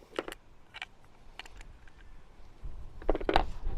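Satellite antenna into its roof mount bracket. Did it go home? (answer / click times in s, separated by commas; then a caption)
yes / 3.1 s, 3.3 s. A flipped-over Starlink Mini satellite antenna is pressed onto its plastic roof mount bracket until it latches. A few light handling ticks come early, then sharp clicks at 3.1 s and 3.3 s as it locks into place. The antenna is seated in the bracket.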